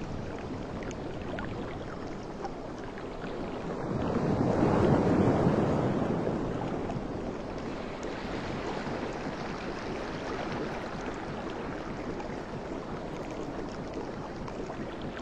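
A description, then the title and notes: Ocean surf washes in a steady, dense rush across the whole clip. One wave swells louder from about four seconds, peaking near five and easing off by eight, before the even roar settles back in with a faint wind-like hiss above it. This 1.5-hour audio recording captures the essence of a tranquil beach setting, with water white noise. Ocean waves, and soft water splashes.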